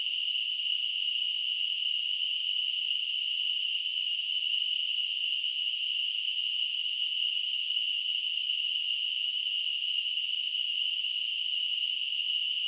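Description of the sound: Simulated tinnitus: a steady, continuous high-pitched hissing ring, a narrow band of noise centred near 3 kHz, unchanging in pitch and loudness throughout.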